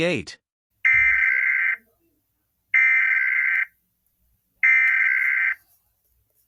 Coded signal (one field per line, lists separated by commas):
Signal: Emergency Alert System (SAME) tones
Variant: header bursts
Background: speech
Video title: the Pacific Northwest squall from hell EAS scenario part 1